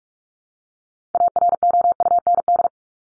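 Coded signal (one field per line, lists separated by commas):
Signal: Morse code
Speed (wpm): 44 wpm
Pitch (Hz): 700 Hz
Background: none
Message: AROUND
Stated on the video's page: Morse practice drill of words ranked 501 to 750 at 45 wpm, each word sent twice.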